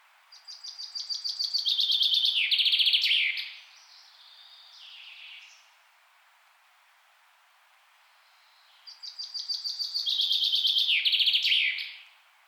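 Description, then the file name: Common chaffinch song: two bright trilled phrases that drop in pitch and end in a flourish, separated by several seconds of quiet with a faint softer note between. "Fringilla coelebs"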